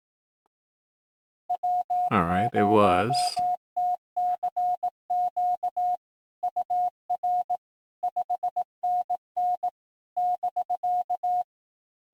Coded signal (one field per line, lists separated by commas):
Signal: Morse code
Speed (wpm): 18 wpm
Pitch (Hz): 720 Hz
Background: speech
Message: W0TCQ UR 5NN <BK>